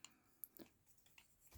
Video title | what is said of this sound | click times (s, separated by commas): Transformers legacy Beast, wars universe. Predacon inferno | and get them to go as far as they'll go till you hear a click. | 0.4 s